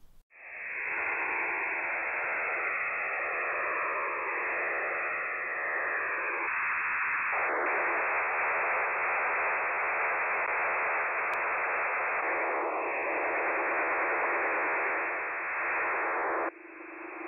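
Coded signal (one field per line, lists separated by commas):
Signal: HF data modem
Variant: STANAG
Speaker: let's start listening to some of these signal examples first up Stog everyone's favorite the airplane sounding fan no noise that that you find across multiple frequencies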